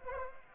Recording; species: mosquito wingbeat signal from an infrared sensor; Anopheles arabiensis